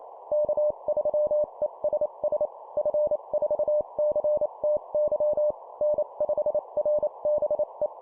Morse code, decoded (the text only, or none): K3ESS F4CTY N5RBE